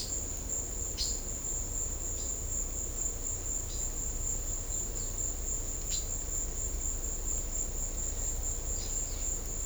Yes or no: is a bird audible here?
yes